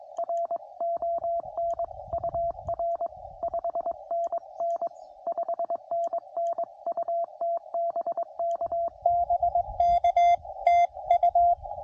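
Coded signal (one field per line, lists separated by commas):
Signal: Morse code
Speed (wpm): 22 wpm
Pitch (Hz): 680 Hz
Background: radio noise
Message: RON UR 5NN 5NN UT BK BK TU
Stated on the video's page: CW during a homebrew POTA activation, QRP Labs QMX radio, iambic paddle, QRP Guys antenna.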